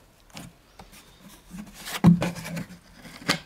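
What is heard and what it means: A windshield washer pump motor is pressed by hand into the rubber grommet of a plastic washer reservoir on a GAZ Gazelle. After some rubbing and scraping, it snaps in with clicks at 2.0 and 2.2 seconds, followed by more quieter rubbing. The motor clicks into the grommet but does not go fully home.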